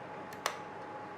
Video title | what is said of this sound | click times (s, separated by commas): Making candles with gel wax & soy wax | did you hear that click in? So that's in. | 0.5 s